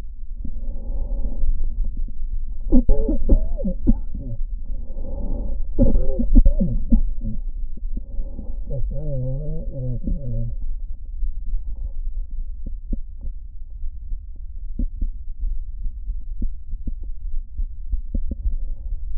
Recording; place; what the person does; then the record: lung sounds by stethoscope; right anterior apical chest; quiet breathing, then cough and speech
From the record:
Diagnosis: interstitial lung disease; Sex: male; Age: 75 years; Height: 167 cm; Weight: 68 kg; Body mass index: 24.4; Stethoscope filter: diaphragm mode